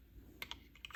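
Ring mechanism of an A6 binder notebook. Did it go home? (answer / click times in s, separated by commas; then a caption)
no / none. The metal ring mechanism of a small leather budget A6 binder notebook, opened with a coin, is handled as it is pushed back toward the top to snap shut. Two sharp, bright ticks sound at about 0.4 and 0.5 seconds, followed by fainter taps near the end. Nothing has seated or clicked yet; the ring is still being handled and has not snapped closed.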